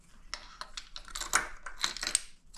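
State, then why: Not seated. A diesel fuel injector for an LB7 Duramax 6.6 turbo diesel is pushed by hand, with a little jiggle and little pressure, into its bore in the engine's cylinder head. Light scraping and ticking handling noises are heard, with sharper taps at about 1.4, 1.8 and 2.2 seconds. Nothing has seated or clicked yet; the injector is not home when the clip ends.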